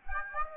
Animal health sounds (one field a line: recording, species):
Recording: mosquito wingbeat signal from an infrared sensor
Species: Aedes aegypti